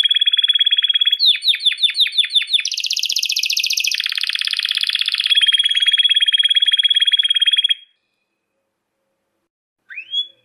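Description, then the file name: Crested canary singing long rolling trills that shift between fast and slower pulsed phrases for about eight seconds, then a short upslurred note after a pause. "audio kenari jambul"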